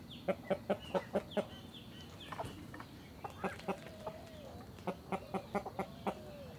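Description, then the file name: Chicken clucking in several bursts of rapid clucks separated by pauses, with a faint drawn-out call, over steady background hiss. Rooster (male) clucking. "Galo cacarejando boi mugindo"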